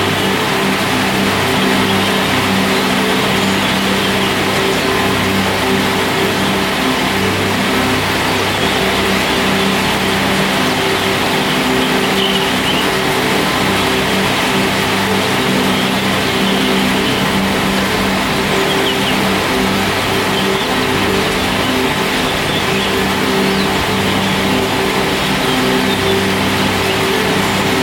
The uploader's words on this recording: Noise wall drone I created using various field recordings of nature, that I made over the last few years.